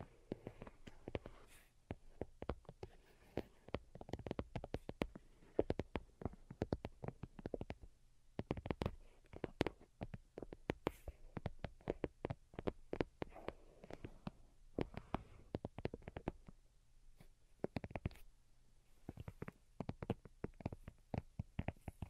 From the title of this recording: Delicate and Calming Tapping